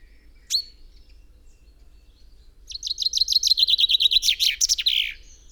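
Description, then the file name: Common chaffinch giving one sharp call note, then a rapid descending song of repeated chipping notes ending in a brief flourish. "Fringilla coelebs"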